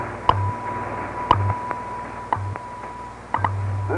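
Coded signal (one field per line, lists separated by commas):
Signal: radio time signal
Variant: WWV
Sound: four sharp ticks one second apart over a steady high tone and low buzz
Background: radio static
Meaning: One tick marks each second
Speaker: National Bureau of Standard Time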